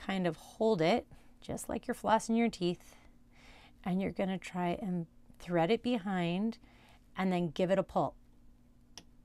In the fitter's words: there it is can you hear that click so now I know that it's secure and it's in there